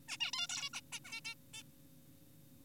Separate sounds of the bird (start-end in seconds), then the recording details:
0.08-0.17, 0.20-0.31, 0.34-0.47, 0.50-0.70, 0.74-0.81, 0.92-0.99, 1.05-1.21, 1.25-1.35, 1.54-1.62. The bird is an adult. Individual g4p5U